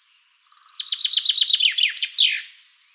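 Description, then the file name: Common chaffinch song: a run of high notes speeding up into a descending trill, then a sharp slurred flourish at the end, in a quiet background. "Fringilla coelebs"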